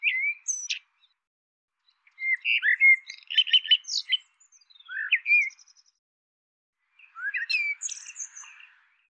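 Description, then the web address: Bird giving varied chirps and rising and falling whistles, mixed with a few very high squeaky notes, delivered in irregular bursts with brief pauses. "cianscape birddata Deverinetal 2025 File cleaned normalized Bird Tu Me Tu Me"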